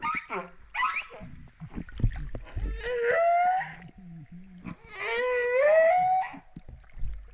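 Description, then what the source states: Humpback whale song units: descending harmonic cries followed by two long, rising, tonal moans that swoop upward, with short low grunts between them. Recorded off Réunion on 13 September 2011 at 08:35:04.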